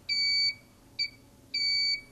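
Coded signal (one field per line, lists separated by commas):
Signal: beep code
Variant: IntelliStitch Turbo cl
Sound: high electronic beeps: one long, one short, one long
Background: faint room hum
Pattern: 1 long, 1 short, 1 long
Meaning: Speed setting is plus five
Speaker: it was long short long and if i look at my little morse code here mine is here long short long so it's plus five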